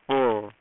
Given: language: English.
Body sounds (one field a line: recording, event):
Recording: throat vibration sensor signal played as sound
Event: speech